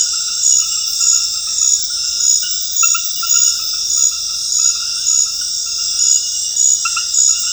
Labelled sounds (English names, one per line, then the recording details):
none
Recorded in dense forest near Puerto Asís, Putumayo, Colombia, on 20 February 2024 at 22:00
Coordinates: 0.485, -76.325
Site G6429